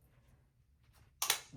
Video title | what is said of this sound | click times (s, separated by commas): Applying the Polar Care Cube & Glacier Multi-Use XL Pad with Long Stem for Hip Pain Relief! | When you hear that click, that lets you know it's secure. | 1.2 s, 1.3 s